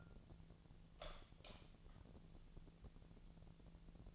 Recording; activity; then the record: daily activity, microphone in the room; light on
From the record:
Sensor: 4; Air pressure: 1000.9 hPa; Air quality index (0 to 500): 126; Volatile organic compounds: 1 ppm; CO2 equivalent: 946 ppm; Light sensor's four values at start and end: 37/89/37/41 and 39/99/41/45